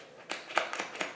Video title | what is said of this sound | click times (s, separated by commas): Boundary Supply Errant backpack unboxing + review | There's no snapping. | none